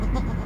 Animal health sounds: contact call of a hoofed animal; goat; low-frequency (closed-mouth) or high-frequency (open-mouth) call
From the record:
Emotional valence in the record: negative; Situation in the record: short social isolation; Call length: 0.46 s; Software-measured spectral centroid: 1660 Hz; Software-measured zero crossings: 570 a second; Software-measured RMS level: -24 dBFS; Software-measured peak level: -13 dBFS

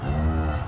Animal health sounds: contact call of a hoofed animal; cattle; low-frequency (closed-mouth) or high-frequency (open-mouth) call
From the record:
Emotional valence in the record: negative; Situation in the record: full separation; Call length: 0.68 s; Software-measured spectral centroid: 1220 Hz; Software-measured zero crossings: 720 a second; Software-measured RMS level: -24 dBFS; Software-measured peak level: -14 dBFS

